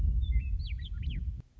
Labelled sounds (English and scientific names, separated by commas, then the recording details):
Western Meadowlark (Sturnella neglecta)
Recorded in Sonoma County, California